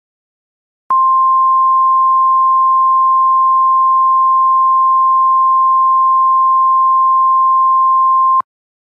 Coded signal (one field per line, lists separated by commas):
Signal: Emergency Alert System (SAME) tones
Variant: 1050 Hz attention tone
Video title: EAS Scenario #14 Alien Attack